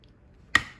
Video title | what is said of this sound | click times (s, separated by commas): Alien Gear ShapeShift G2C to G3C modification | You can hear it click. You can hear the retention click. So that's what you want. | 0.6 s